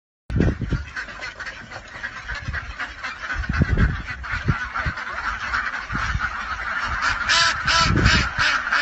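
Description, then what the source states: Ducks calling: many nasal, honking calls overlapping, louder toward the end, over low rumbling noise. Ducks in winter.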